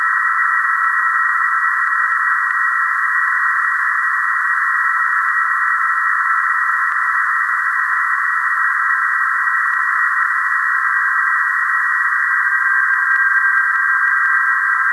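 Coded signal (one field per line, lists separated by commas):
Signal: PSK31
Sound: band-limited radio hiss with a faint steady warbling tone near 1.5 kHz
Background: radio static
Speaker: the audio you hear may be mixed so the Anand will be in the right ear predominantly and the Flex predominantly in the left ear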